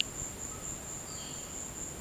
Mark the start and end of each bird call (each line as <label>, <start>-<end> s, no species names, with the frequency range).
bird call (2.7-5.2 kHz), 1.02-1.45 s